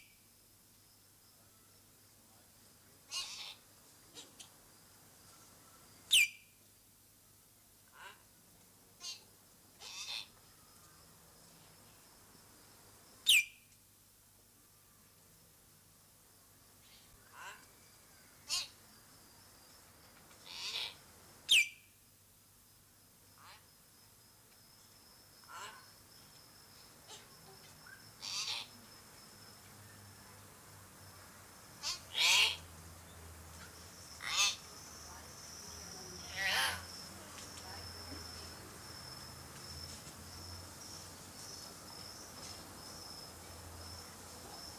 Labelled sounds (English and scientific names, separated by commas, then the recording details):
Common Hill Myna (Gracula religiosa) call
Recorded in captivity
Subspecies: intermedia
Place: Zoo Halle, Sachsen-Anhalt, DE
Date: 2003-10-19 16:41
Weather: fair, 5 - 6°C
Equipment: Fair Mate ST-1328 (Asahi Electronics, Japan), Sennheiser ME 80, Kopie Uher 4000 Report Monitor
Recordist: Tembrock, Günter